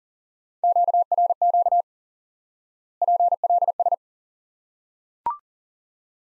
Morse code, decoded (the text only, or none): QRQ PLS